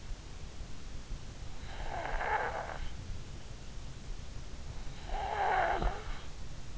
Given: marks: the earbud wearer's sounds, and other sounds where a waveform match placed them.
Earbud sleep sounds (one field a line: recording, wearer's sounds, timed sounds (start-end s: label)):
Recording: sounds in sleep by an in-ear microphone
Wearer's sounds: breath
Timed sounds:
1.03-3.26 s: breath
4.29-6.64 s: breath